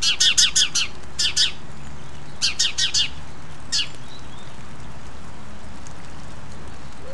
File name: Passer domesticus